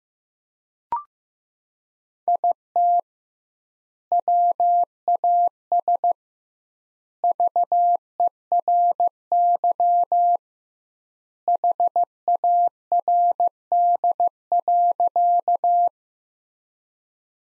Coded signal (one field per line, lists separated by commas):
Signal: Morse code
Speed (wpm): 15 wpm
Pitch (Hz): 700 Hz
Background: none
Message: IT WAS VERY HARD.